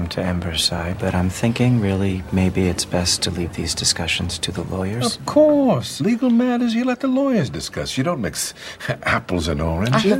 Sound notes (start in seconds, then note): none